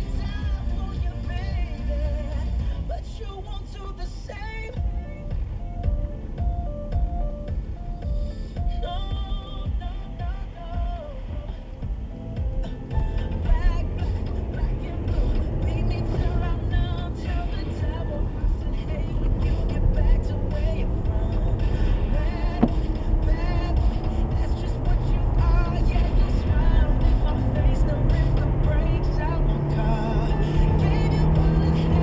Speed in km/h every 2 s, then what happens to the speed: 15, 16, 19, 16, 13, 13, 26, 35, 40, 44, 52, 56, 60, 66, 76, 82.
0-10 steady at about 15. 10-32 speeds up to 82.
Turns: none.